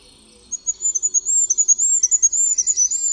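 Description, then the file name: Goldcrest song: a fast run of very high, thin, rapidly repeated cycling notes. "MYSIKROLIK"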